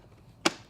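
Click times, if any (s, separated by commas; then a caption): 0.5 s. A brush roller from a SEBO G4/G5 commercial upright vacuum is lined up, put back into the vacuum head and given a half twist. It snaps into its housing with a single sharp click at 0.5 s, confirming it is seated. A much fainter tick follows near the end, and there is no talk in this part.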